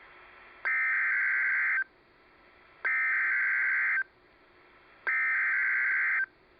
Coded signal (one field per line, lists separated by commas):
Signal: Emergency Alert System (SAME) tones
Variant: header bursts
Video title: Severe Thunderstorm warning from Florida [ONLINE EAS] March 24, 2015